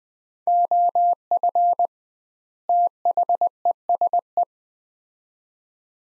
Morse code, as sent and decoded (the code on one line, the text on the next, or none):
--- ..-. / - .... . ... .
OF THESE